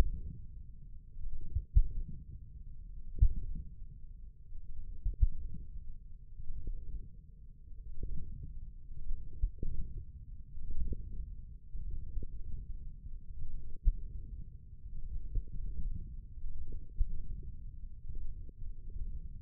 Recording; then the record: forearm muscle sounds (acoustic myography)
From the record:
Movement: wrist extension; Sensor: system 1, eight BSWA MPA416 microphones around the upper forearm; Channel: 2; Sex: male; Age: 20 years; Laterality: left